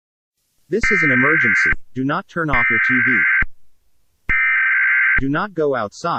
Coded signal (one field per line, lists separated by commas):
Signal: Emergency Alert System (SAME) tones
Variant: header bursts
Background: speech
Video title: EAS SCP 001 ‘when day breaks’